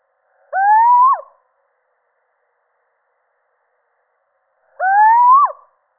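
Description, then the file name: Little owl repeating a rising hoot twice, about four seconds apart, each ending with a sharp drop in pitch; no other sounds. Male. "Sycek obecny samec"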